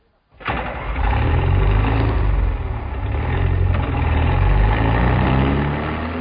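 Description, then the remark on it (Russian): A large six-cubic-metre excavator in a quarry has its heavy diesel engine start up abruptly and keep running with a loud, deep, steady rumble, its low throb rising and falling slightly over several seconds. “Ты смотри, какая громадина в яме. Романов эскаватор, шестикубовый.”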